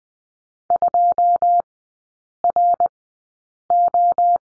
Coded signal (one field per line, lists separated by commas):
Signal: Morse code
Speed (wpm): 19 wpm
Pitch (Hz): 700 Hz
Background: none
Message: 2RO